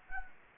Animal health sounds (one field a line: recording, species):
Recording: mosquito wingbeat signal from an infrared sensor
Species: Anopheles gambiae